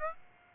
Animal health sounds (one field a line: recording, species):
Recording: mosquito wingbeat signal from an infrared sensor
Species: Aedes aegypti